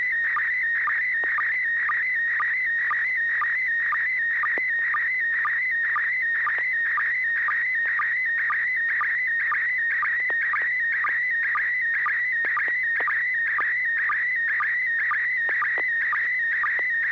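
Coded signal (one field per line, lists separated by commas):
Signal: SSTV (slow-scan television)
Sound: warbling, chirpy tone with a rhythmic tick about twice per second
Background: steady low hum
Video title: N6NA SSTV Net - 09/08/2021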